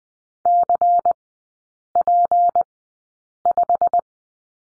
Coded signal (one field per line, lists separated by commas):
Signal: Morse code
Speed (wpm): 20 wpm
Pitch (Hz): 700 Hz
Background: none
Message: CP5